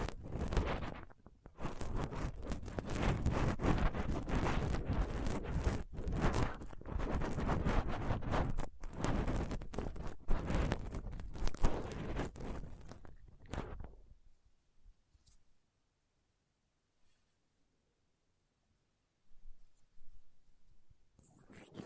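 A dental pick, tweezers and a cotton swab scrape and pick roughly at a microphone, giving a dense, gritty scratching for the first fourteen seconds, broken by a few short pauses. It then falls nearly silent, with a couple of brief scratchy bursts near the end.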